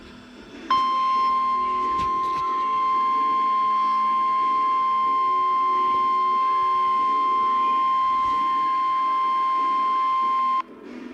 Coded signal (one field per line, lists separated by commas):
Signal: Emergency Alert System (SAME) tones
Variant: 1050 Hz attention tone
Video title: EAS #6 Required Monthly Test